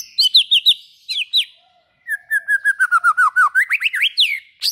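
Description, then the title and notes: White-rumped shama song with high quick whistles, then a fast run of repeated short notes rising in pitch at the end. Long-duration song used as a lure for trapping. "Pikat Murai Batu Durasi Panjang. Burung Murai Batu"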